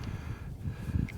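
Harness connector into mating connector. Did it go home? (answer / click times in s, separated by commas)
yes / 1.1 s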